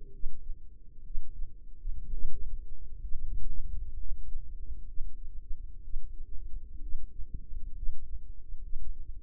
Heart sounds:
heart sounds by microphone in the left ear; 64 bpm
0.10 s: heartbeat
1.02 s: heartbeat
2.00 s: heartbeat
2.99 s: heartbeat
3.95 s: heartbeat
4.85 s: heartbeat
5.81 s: heartbeat
6.79 s: heartbeat
7.73 s: heartbeat
8.60 s: heartbeat
From the record:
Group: healthy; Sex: female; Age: 36 years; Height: 163 cm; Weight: 88 kg

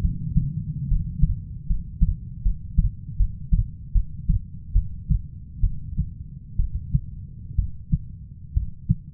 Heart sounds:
heart sounds by stethoscope; 70 bpm
0.01 s: heartbeat
0.88 s: heartbeat
1.67 s: heartbeat
2.42 s: heartbeat
3.17 s: heartbeat
3.92 s: heartbeat
4.73 s: heartbeat
5.61 s: heartbeat
6.56 s: heartbeat
7.56 s: heartbeat
8.54 s: heartbeat
From the record:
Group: healthy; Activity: rest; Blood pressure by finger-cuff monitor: 141/72 mmHg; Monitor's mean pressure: 95 mmHg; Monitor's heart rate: 68 bpm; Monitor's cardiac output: 6.1 L/min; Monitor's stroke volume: 85 mL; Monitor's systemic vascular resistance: 1120 dyn s/cm5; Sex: female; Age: 37 years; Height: 168 cm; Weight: 70 kg

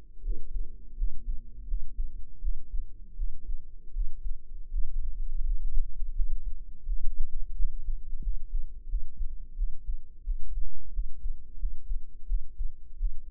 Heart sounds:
heart sounds by microphone in the right ear; 85 bpm
0.21 s: heartbeat
0.95 s: heartbeat
1.65 s: heartbeat
2.39 s: heartbeat
3.14 s: heartbeat
3.91 s: heartbeat
4.69 s: heartbeat
5.42 s: heartbeat
6.13 s: heartbeat
6.83 s: heartbeat
7.53 s: heartbeat
8.20 s: heartbeat
8.86 s: heartbeat
9.54 s: heartbeat
10.22 s: heartbeat
10.91 s: heartbeat
11.57 s: heartbeat
12.25 s: heartbeat
12.96 s: heartbeat
From the record:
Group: healthy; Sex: female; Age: 22 years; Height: 160 cm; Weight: 45 kg

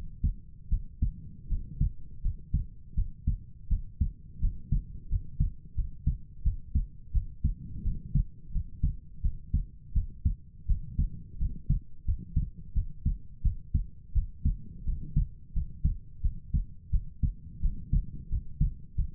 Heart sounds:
heart sounds by stethoscope; 85 bpm
0.69 s: heartbeat
1.48 s: heartbeat
2.21 s: heartbeat
2.94 s: heartbeat
3.68 s: heartbeat
4.39 s: heartbeat
5.08 s: heartbeat
5.75 s: heartbeat
6.42 s: heartbeat
7.12 s: heartbeat
7.83 s: heartbeat
8.51 s: heartbeat
9.21 s: heartbeat
9.93 s: heartbeat
10.66 s: heartbeat
11.38 s: heartbeat
12.04 s: heartbeat
12.73 s: heartbeat
13.42 s: heartbeat
14.13 s: heartbeat
14.84 s: heartbeat
15.52 s: heartbeat
16.21 s: heartbeat
16.90 s: heartbeat
17.60 s: heartbeat
18.28 s: heartbeat
18.95 s: heartbeat
From the record:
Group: healthy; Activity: rest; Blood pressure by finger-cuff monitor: 73/51 mmHg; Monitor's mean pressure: 59 mmHg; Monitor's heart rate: 85 bpm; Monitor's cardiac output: 6.7 L/min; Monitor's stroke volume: 78 mL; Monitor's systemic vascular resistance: 620 dyn s/cm5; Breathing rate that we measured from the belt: 18 breaths a minute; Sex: female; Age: 19 years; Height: 163 cm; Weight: 48.9 kg

